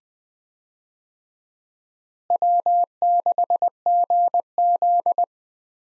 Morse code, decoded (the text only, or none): W6GZ